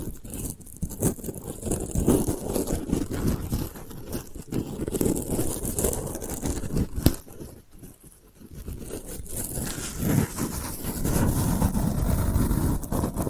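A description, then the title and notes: Delicate scratching, a dense run of small scraping and crunching strokes with a papery, tearing texture. The sound is mostly low and busy, with a brief pause just before 8 seconds, then it resumes and stays fairly even to the end. ASMR Delicate Scratching for Sleep (No Talking).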